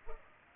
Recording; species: mosquito wingbeat signal from an infrared sensor; Culex pipiens